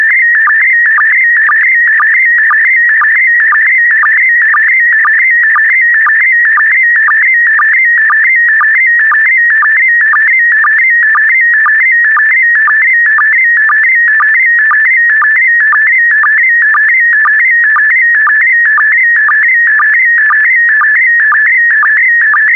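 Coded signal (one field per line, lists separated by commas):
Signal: SSTV (slow-scan television)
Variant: PD120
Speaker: complete you can now check your decoded image against the picture that is shown on the video that concludes the daily transmission of slow scan tv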